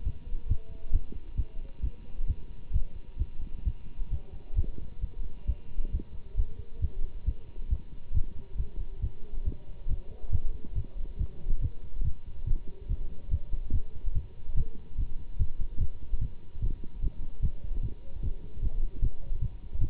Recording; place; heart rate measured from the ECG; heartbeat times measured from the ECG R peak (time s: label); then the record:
heart sounds by stethoscope; between the tricuspid and mitral areas; 140 bpm
0.04 s: heartbeat
0.48 s: heartbeat
0.92 s: heartbeat
1.36 s: heartbeat
1.82 s: heartbeat
2.27 s: heartbeat
2.73 s: heartbeat
3.18 s: heartbeat
3.64 s: heartbeat
4.10 s: heartbeat
4.55 s: heartbeat
5.01 s: heartbeat
5.46 s: heartbeat
5.92 s: heartbeat
6.36 s: heartbeat
6.81 s: heartbeat
7.25 s: heartbeat
7.69 s: heartbeat
8.13 s: heartbeat
8.57 s: heartbeat
9.01 s: heartbeat
9.45 s: heartbeat
9.88 s: heartbeat
10.31 s: heartbeat
10.75 s: heartbeat
11.18 s: heartbeat
11.61 s: heartbeat
12.03 s: heartbeat
12.46 s: heartbeat
12.88 s: heartbeat
13.30 s: heartbeat
13.72 s: heartbeat
14.14 s: heartbeat
14.56 s: heartbeat
14.97 s: heartbeat
15.38 s: heartbeat
15.79 s: heartbeat
16.20 s: heartbeat
16.61 s: heartbeat
17.01 s: heartbeat
17.42 s: heartbeat
17.82 s: heartbeat
18.22 s: heartbeat
18.61 s: heartbeat
19.01 s: heartbeat
19.40 s: heartbeat
19.80 s: heartbeat
From the record:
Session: Bruce protocol treadmill stress test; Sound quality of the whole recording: good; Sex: male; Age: 24 years